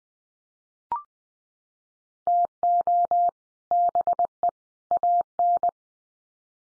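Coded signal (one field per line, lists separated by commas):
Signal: Morse code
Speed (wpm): 20 wpm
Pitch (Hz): 700 Hz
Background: none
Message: TO BE AN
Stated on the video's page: Head-copy drill of common three-word groups at 20 wpm, each sent in Morse, spoken, then sent again.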